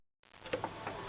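A fuel line's quick-connect fitting with its small plastic retaining cap is pushed onto the metal fuel rail of an engine. After a few faint taps and small clicks, it snaps into place at 0.5 s. A louder knock follows near 1.1 s, and the connector is seated on the rail.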